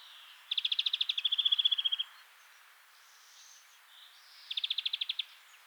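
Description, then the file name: European greenfinch trills: a long rapid series of sharp notes running into a buzzy tail, then a shorter fast burst a couple of seconds later. "Chloris chloris"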